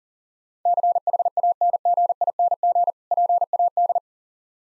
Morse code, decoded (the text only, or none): CHANGING PAD